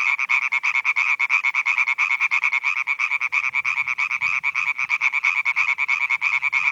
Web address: Viltansou Rainettes. la rainette verte